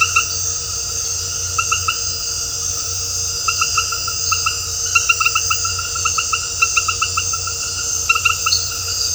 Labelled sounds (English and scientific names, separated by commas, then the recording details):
none
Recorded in dense forest near Puerto Asís, Putumayo, Colombia, on 8 March 2025 at 20:30
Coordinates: 0.468, -76.322
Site GP01